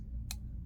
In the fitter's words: tuned so well you get that little click there's no play lock up is perfect there's no stick